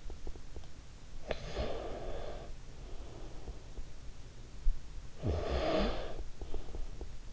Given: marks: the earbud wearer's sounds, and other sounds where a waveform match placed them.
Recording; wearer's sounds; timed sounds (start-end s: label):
sounds in sleep by an in-ear microphone; breath, snoring breath
0.71-2.99 s: breath
4.59-7.33 s: snoring breath